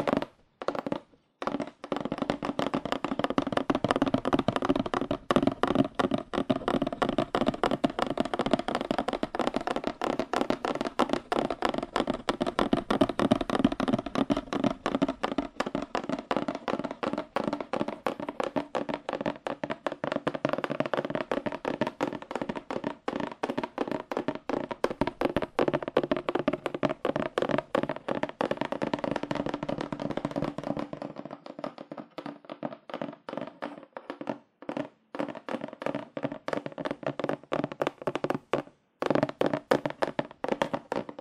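Fast, aggressive tapping on cardboard, a dense, rapid stream of hollow knocks with a papery ring. It runs steadily for about thirty seconds, then thins out into scattered, sparser taps with short gaps until the end.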